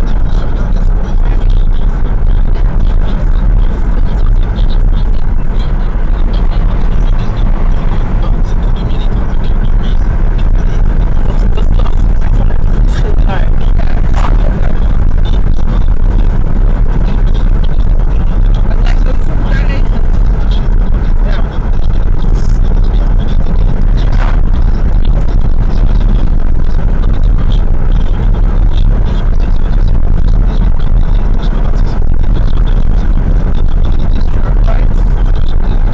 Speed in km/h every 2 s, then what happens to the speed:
74, 77, 71, 73, 76, 83, 86, 85, 85, 84, 80, 81, 84, 85, 86, 86, 85, 82.
0-7 steady at about 73. 7-12 speeds up to 86. 12-21 steady at about 85. 21-31 speeds up to 86.